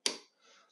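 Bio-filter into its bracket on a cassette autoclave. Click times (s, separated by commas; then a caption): 0.1 s. A technician pushes up on the top of the bio-filter of a Statim G4 5000 cassette autoclave during its 2-year maintenance so the filter seats in its bracket. One sharp, bright snap sounds at 0.1 s and fades by about 0.3 s, followed by faint low-level noise. The bio-filter snaps into place and is seated in its bracket.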